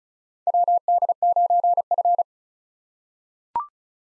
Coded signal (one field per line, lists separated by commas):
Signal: Morse code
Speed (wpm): 34 wpm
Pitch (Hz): 700 Hz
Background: none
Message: WD9F